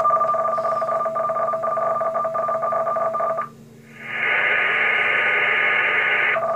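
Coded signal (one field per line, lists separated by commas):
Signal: RTTY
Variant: 50 baud, 500 Hz shift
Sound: two-tone warbling teletype chatter, then a brief dip and a rush of wideband hiss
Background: radio static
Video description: Sonda pracuje w emisji SSB modulacją RTTY 50/500 wysyłając w ramce swój znak, godzinę, koordynaty, wysokość, temperaturę, napięcie ogniwa prądu i ilość satelitów GPS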